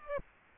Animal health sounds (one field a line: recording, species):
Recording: mosquito wingbeat signal from an infrared sensor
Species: Aedes aegypti